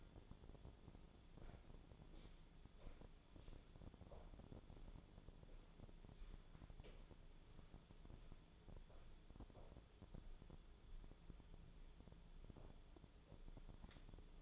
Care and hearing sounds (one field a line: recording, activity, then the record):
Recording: daily activity, microphone in the room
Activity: walk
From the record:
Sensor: 5